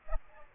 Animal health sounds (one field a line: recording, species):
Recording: mosquito wingbeat signal from an infrared sensor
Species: Aedes aegypti